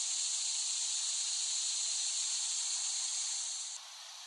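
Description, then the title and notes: Cicadas droning in a steady, dense high hiss that holds level for nearly four seconds, then drops abruptly to a quieter background buzz. Cicadas in West Brighton, Staten Island, late summer 2008. "Recording of cicadas made by Dan Bodah in West Brighton, Staten Island"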